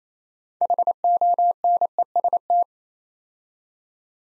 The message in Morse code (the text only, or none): HONEST